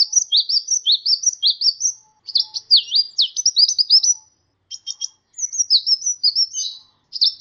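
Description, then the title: Sunbird song: rising high chirps repeated quickly, then a tangled twittering passage and a few sharp clicking notes. "kicau kolibri"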